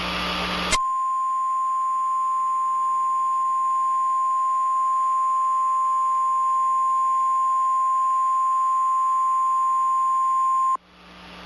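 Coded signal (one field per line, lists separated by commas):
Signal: Emergency Alert System (SAME) tones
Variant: 1050 Hz attention tone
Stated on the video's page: EAS tornado warning interrupting a cartoon broadcast on TV.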